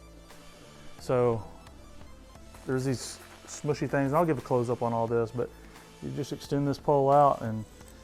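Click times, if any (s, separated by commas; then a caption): none. A tent frame pole on an Ozark Trail 3 Person A-Frame Tent is extended toward its joint while someone talks over background music. The pole is being handled and has not gone home: nothing has seated or clicked yet.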